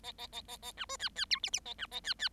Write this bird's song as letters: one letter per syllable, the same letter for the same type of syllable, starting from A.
A A A A A B C D D E F F A B A D D